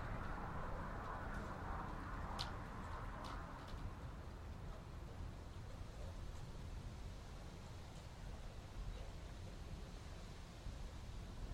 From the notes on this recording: the dynamic and majestic sound of winds as they sweep across open fields, mountains, and forests